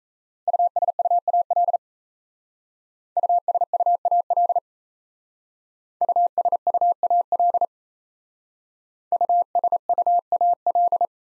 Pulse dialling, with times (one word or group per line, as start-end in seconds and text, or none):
none